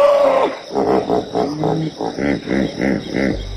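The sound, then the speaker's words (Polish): A hippopotamus lets out a rhythmic series of deep, honking grunts, around eight pulsing bursts in quick succession, fairly loud and with no talking over them. “No, hipopotamy mogą też rechotając powiedzieć, że to permanentna inwigilacja.”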